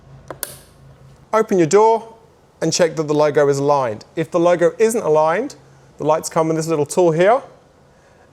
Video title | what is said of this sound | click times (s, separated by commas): Ford Next Gen Ranger Raptor Puddle Light Install Step by Step by OEM Denied Performance | then just push till it clicks. | 0.3 s, 0.4 s